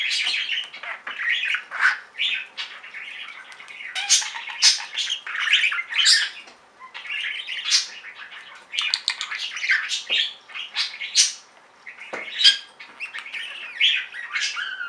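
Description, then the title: Budgerigar chatter: lively mix of sharp chirps, squawks and warbled notes, almost nonstop with short dips in loudness. "Budgie Sounds"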